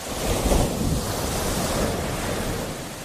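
Steady ocean surf washes onto a beach, a broad continuous roar with a slight swell early on, mixed with some wind rumble and no voices.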